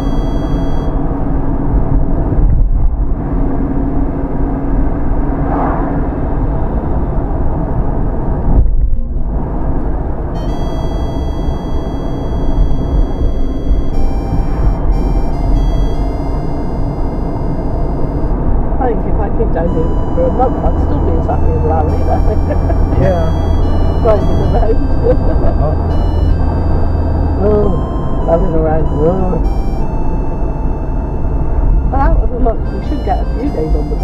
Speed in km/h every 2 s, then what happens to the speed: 39, 39, 39, 39, 37, 34, 35, 39, 39, 42, 44, 45, 45, 42, 37, 32, 27.
0-12 steady at about 39. 12-25 speeds up to 45. 25-34 slows to 27.